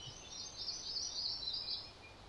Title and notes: Indigo Bunting by Christie Mullen